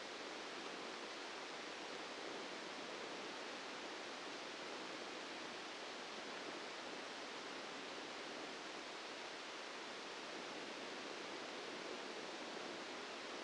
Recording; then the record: brain microelectrode recording played as sound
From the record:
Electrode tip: outside the subthalamic nucleus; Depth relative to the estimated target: -8 mm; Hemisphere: left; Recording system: NeuroSet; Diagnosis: Parkinson's disease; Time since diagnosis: 7 years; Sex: male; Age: 44 years